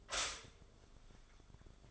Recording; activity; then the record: daily activity, microphone in the room; stop toaster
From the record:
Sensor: 5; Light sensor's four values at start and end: 13/31/12/11 and 13/31/12/11